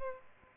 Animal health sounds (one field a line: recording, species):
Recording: mosquito wingbeat signal from an infrared sensor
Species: Aedes albopictus